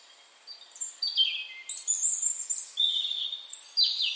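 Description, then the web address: European robin song: high, sweet warbled phrases and thin whistles against a steady background hiss. "Deverinetal 2025 File origin Bird Only Er Ru"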